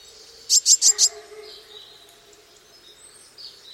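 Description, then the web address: Eurasian blue tit giving a single brief burst of four quick, high, bright notes. "cianscape. Deverinetal"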